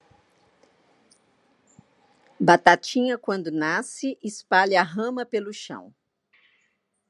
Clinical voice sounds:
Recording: short text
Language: Brazilian Portuguese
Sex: female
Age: 50 to 59 years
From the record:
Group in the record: control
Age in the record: 59 years

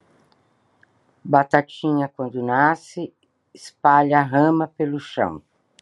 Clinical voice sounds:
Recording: short text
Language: Brazilian Portuguese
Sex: female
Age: 60 to 69 years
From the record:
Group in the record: control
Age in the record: 69 years

